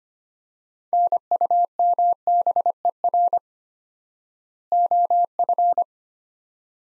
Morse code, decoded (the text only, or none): NUMBER OF